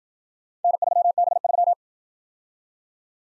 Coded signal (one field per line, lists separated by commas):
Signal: Morse code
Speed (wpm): 54 wpm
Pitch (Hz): 700 Hz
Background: none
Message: N3B3